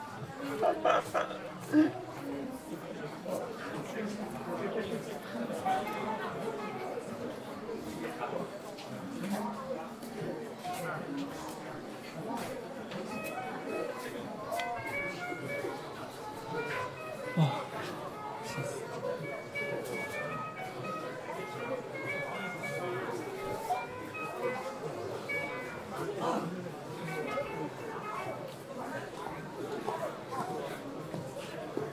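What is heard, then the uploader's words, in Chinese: A busy Apple Store in Sanlitun at eight in the evening, with steady overlapping chatter, occasional brighter tones, and a constant crowd murmur. 晚上八点的Apple店｜城市声音。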